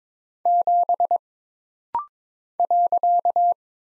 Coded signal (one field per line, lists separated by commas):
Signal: Morse code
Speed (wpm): 22 wpm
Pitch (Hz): 700 Hz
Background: none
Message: 7 .